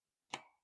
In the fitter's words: Oh, there we go. Think I got it.